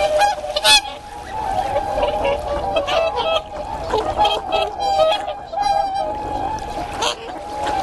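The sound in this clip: Whooper swans calling in a flock, many overlapping trumpeting honks.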